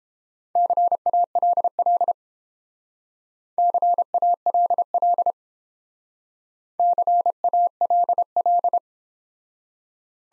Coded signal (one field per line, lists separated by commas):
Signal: Morse code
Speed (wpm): 31 wpm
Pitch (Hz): 700 Hz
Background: none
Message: CALL CALL CALL